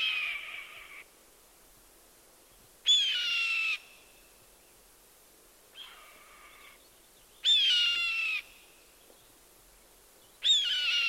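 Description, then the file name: Red-tailed hawk giving a series of harsh, raspy, slightly descending screams, each about a second long, separated by short quiet gaps. "Red tailed Hawk Buteo jamaicensis"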